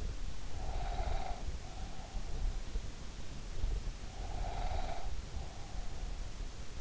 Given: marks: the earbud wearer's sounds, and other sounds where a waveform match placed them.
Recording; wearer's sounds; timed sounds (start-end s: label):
sounds in sleep by an in-ear microphone; breath
0.33-2.53 s: breath
3.89-6.12 s: breath